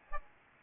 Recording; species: mosquito wingbeat signal from an infrared sensor; Aedes aegypti